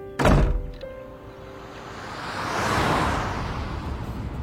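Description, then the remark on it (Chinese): A door opens and shuts as a man goes out, with one solid, heavy thunk at the start, followed by a broad, rushing wash of noise that swells and fades. No voices. “他沉默了会儿，没说好，也没说不，开门出去了。”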